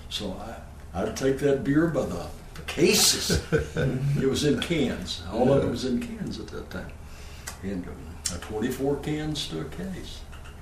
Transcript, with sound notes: So I, I’d take that beer by the cases. [laughter] It was in cans, all that was in cans at that time, and had forty-four cans to a case,